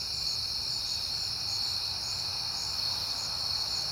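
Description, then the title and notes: Crickets trilling together in an unbroken high chorus, pulses repeating quickly, with a faint low background rumble. Crickets recorded on a peaceful night in September; the recordist has been hearing them a lot lately. "Night Time: Crickets and Passing Cars. It is September and I have been hearing the crickets a lot"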